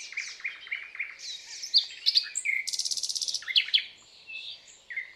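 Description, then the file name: Common nightingale song: varied phrases of repeated notes, a fast even rattle near the middle, and a pure whistle at the end. "Luscinia megarhynchos"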